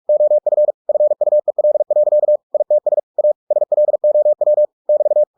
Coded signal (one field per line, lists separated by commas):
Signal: Morse code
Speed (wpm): 46 wpm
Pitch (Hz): 600 Hz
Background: none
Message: OF FUEL. ITS A SLOW <BT>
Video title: The Martian by Andy Weir in Morse code - 45WPM - Chapter 1